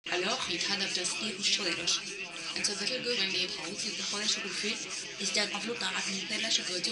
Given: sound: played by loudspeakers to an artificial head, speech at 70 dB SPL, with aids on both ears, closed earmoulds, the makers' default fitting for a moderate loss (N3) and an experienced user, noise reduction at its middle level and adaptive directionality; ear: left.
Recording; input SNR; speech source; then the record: speech test signal (ISTS) in cocktail-party noise; +6 dB; on the right (90 degrees)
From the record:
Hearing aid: class 1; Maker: B